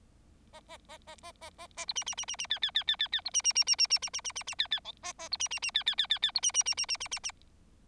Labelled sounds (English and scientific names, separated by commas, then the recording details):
Bengalese Finch (Lonchura striata domestica) song
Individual Bird4